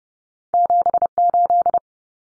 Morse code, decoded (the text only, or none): 78